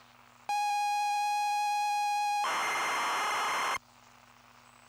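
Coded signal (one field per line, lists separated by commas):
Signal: ZX Spectrum tape loading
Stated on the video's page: ZX Spectrum tape loading played from a phone through a cassette adapter with wrong polarity, failing to load on a real Spectrum +2.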